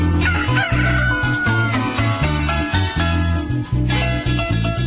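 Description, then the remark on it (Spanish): A rooster crows over an upbeat musical jingle, a station identification for La Radio del Sur, its rising and falling call riding above a steady, pulsing bass line that plays loudly throughout. “Más claro, no canta un gallo.”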